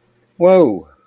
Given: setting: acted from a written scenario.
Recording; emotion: vocal sound without words; pride